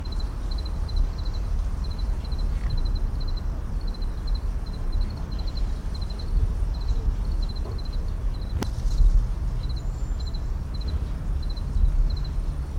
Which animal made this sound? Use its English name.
House Cricket